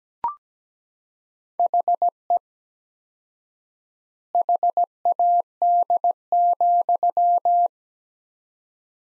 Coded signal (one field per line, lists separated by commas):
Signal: Morse code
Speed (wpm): 17 wpm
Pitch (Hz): 700 Hz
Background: none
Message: HE HAD,